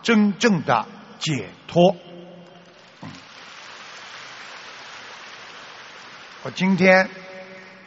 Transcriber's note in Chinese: 掌声